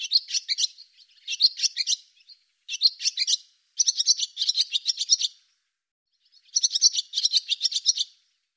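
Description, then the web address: Barn swallow twitter: a nearly continuous run of quick scratchy chattering phrases, one after another, then a brief pause and a final burst. "Deverinetal 2025 Bird Hi Ru Hi Ru"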